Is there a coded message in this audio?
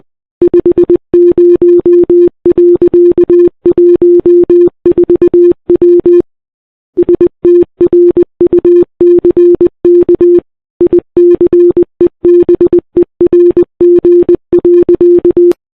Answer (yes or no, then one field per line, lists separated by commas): yes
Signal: Morse code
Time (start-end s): 0.4-15.5 s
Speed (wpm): 20 wpm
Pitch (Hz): 340 Hz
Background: none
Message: 50.14W STRUCK ICEBERG.